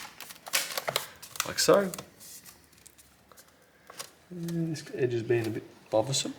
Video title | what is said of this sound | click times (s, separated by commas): HP Spectre 13-AP Battery Replacement | Just push down, should click into position, like | 0.6 s, 0.8 s, 0.9 s, 1.0 s